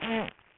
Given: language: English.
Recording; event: throat vibration sensor signal played as sound; throat clearing